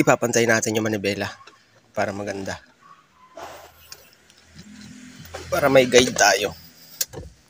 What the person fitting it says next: nag-lock na nga ayusin ko lang Ayan